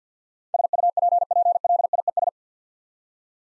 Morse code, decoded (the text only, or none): SUPPLIES